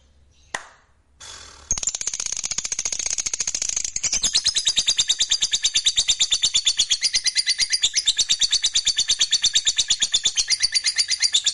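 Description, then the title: Lovebird song beginning with a couple of sharp clicks, then building into a long, loud, fast chatter of shrill squeaky notes. "Suara Lovebird Ini"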